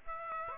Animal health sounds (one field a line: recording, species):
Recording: mosquito wingbeat signal from an infrared sensor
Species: Aedes aegypti